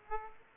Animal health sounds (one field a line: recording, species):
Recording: mosquito wingbeat signal from an infrared sensor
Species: Aedes aegypti